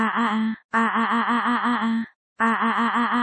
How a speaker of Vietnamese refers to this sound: Vô số tiếng kêu thảm thiết vang lên bên trong Hồng Nguyệt Thành, theo biển lửa từ từ hạ xuống thì tiếng la hét mỗi lúc một nhiều.